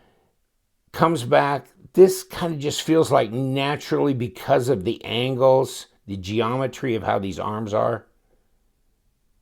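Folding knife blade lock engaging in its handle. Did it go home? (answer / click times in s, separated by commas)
no / none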